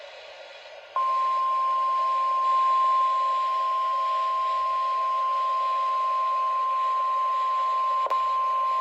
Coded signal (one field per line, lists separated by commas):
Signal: Emergency Alert System (SAME) tones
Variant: 1050 Hz attention tone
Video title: EAS 60!!!!!:: NWS RWT for the week of June 21, 2021